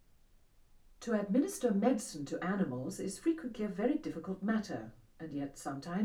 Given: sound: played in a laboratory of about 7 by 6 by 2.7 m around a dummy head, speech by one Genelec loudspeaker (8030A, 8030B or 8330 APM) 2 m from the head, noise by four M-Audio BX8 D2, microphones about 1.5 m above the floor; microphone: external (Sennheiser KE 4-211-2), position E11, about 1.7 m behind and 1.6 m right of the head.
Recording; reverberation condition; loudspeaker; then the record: female speech in English; low; 60 degrees to the right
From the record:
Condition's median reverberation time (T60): about 310 ms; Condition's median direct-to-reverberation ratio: about 3.5 dB